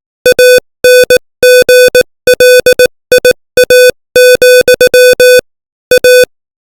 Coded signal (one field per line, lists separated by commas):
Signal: Morse code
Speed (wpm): 18 wpm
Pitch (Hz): 500 Hz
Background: music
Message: ANGLIA, A